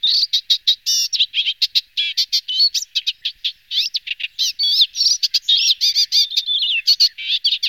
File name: sedmihlásek šedý